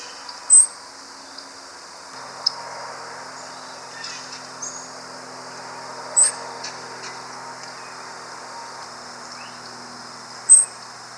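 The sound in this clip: Grasshopper sparrow calls, three very high thin notes spaced several seconds apart over a quiet background with faint hum.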